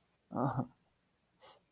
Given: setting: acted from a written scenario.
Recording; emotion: vocal sound without words; sadness